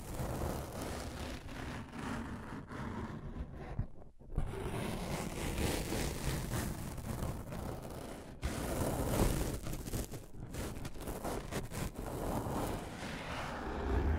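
Scratching and tracing, a dense rough rasping that continues steadily with short breaks near four and eight seconds, low rumbling underneath.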